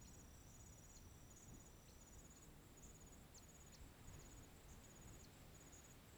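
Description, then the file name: Crickets giving thin, very high pulsed trills in short bursts over a steady hiss of wind in the trees. Afternoon in Chapada dos Veadeiros park, with wind in the trees. "Ventando nas arvores a tarde parque chapada dos veadeiros com grilos, passaros e alguns passos na grama"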